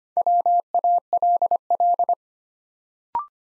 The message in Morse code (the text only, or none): WALL